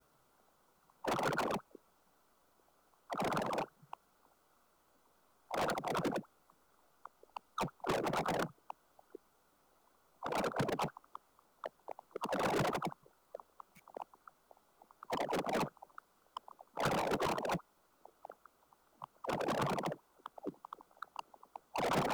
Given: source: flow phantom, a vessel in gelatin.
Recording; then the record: Doppler ultrasound of air bubbles in flowing water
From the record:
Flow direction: towards the transducer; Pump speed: 250 rpm (900 mL/min); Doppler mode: pulsed wave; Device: 7 MHz transducer